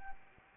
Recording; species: mosquito wingbeat signal from an infrared sensor; Anopheles arabiensis